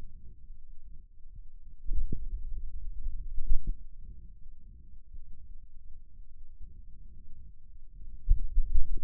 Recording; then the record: forearm muscle sounds (acoustic myography)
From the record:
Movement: finger pinch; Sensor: system 2, bracelet of six BSWA MPA416 microphones around the upper forearm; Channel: 2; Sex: male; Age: 22 years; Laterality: right